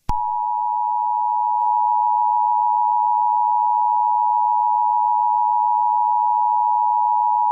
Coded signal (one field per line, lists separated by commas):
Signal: Emergency Alert System (SAME) tones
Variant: 853 and 960 Hz attention tone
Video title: The Purge: Remastered ~ A Remastered EAS Mini scenario